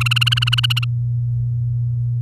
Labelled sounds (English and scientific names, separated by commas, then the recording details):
Domestic Canary (Serinus canaria) song
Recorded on 11 May 2018 at 05:36
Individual llb16